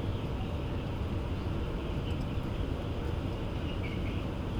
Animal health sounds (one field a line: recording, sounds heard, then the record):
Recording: poultry house recording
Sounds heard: healthy chickens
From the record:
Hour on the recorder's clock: 17